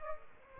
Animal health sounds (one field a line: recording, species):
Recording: mosquito wingbeat signal from an infrared sensor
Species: Aedes aegypti